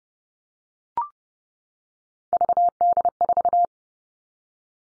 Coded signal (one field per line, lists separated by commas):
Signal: Morse code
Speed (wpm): 30 wpm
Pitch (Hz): 700 Hz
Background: none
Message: VD4